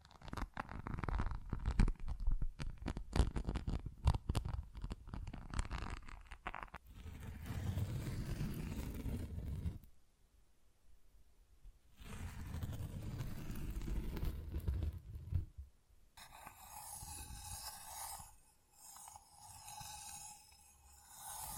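Tapping and scratching on textured surfaces, starting with a dense run of quick taps and scrapes for the first seven seconds. Softer rubbing follows, broken by two near-silent pauses around ten and fifteen seconds, then brighter, crinkly scratching to the end.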